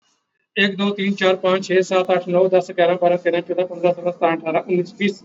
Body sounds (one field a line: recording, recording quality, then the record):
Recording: counting at a fast pace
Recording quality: excellent, no background noise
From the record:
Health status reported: exposed to COVID-19, no respiratory illness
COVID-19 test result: not tested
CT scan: not taken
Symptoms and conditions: none ticked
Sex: male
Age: 40 years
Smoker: no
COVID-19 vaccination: both doses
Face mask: worn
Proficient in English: yes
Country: India